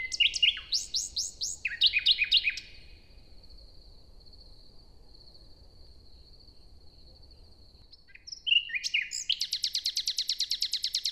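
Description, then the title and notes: Common nightingale phrases of quick downslurred notes, then a long pause, followed by a fast rattling trill of repeated notes. In a forest near Hoscheid, Luxembourg, on an early summer morning after a wet night as the sun rises; performs a kind of morning song. "hoscheid, forest, nightingale. Hoscheid - Waldmorgen. Inside the forest. recorded early on a summer morning. After a wet night the sun comes up and sparkles through the leaves of the trees. A nightingale performs a kind of morning song"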